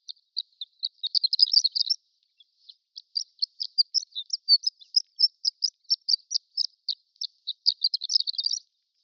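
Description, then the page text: Horned lark twittering: a long run of thin, high tinkling chips, in quick bursts with a brief pause near two seconds, continuing steadily. Prairie horned lark subspecies; extended twittering. "Prairie Horned Lark Extended Twittering. Quick Sounds library"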